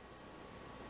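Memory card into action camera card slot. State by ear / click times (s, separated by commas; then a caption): not seated / none. A microSD memory card is being pushed with a thin metal object into the spring-loaded card slot of a PlayZoom GoCam action camera, heard only as a steady, broadband hiss with no distinct sounds. The card has not seated or clicked into the slot yet.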